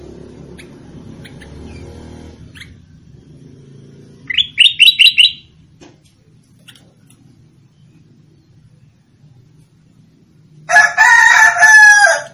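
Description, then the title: Sooty-headed bulbul song: a brief run of four rising whistles midway, then a loud harsh burst near the end. "Suara Burung Kutilang"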